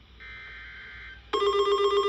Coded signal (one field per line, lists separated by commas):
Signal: Emergency Alert System (SAME) tones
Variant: header bursts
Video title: Thank you have a good day (EAS Alerts from 9/6/24)